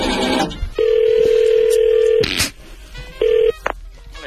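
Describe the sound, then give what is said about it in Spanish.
A telephone line rings after a brief burst of dialing noise: a long, steady mid-pitched ring tone, a crackly click, then a second, shorter ring tone, with no one speaking. “No, tenemos que marcar el teléfono.”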